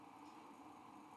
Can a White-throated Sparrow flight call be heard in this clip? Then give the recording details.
no. No flight call is heard. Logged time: 01:54 on 5 December 2014